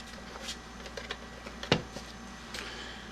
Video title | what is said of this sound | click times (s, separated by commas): AR-7 Henry U.S. Survival Rifle Overview | And that's the receiver locked into place. | 1.7 s